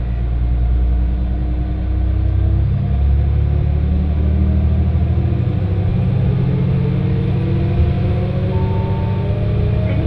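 A train ride on the Etsumi-hoku Line runs with a steady, heavy low rumble throughout, layered with droning engine tones that shift slightly in pitch. A faint high whine creeps in after about five seconds, and a brief thin tone sounds near the nine-second mark.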